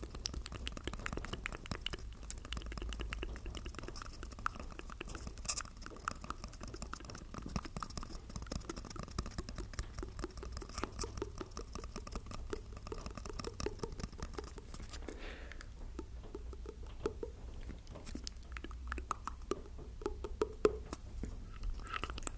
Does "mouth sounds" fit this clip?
yes